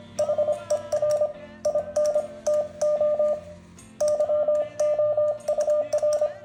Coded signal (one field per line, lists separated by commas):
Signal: Morse code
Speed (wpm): 25 wpm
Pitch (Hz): 600 Hz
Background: none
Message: HER INTO YOUR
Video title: Let's enjoy Morse code! #モールス #morse #モールス信号 #morsecode